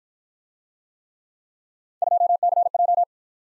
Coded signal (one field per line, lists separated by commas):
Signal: Morse code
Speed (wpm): 50 wpm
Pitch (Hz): 700 Hz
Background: none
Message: 2CJ